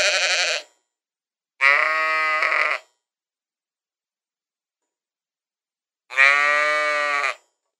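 Sheep bleating three times, loud quavering bleats separated by silent gaps.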